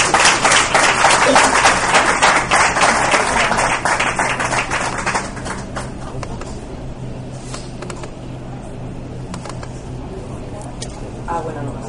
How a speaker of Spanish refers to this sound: un fuerte aplauso a nuestra amiga Aroa